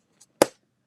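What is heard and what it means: The plastic lid of a large craft art bin is pressed down onto the plastic storage box. A faint tick at 0.2 s comes before one sharp, loud snap at 0.4 s. The lid snaps on and seats.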